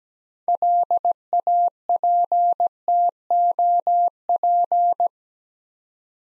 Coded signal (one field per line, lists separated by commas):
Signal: Morse code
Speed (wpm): 17 wpm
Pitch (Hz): 700 Hz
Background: none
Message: LAPTOP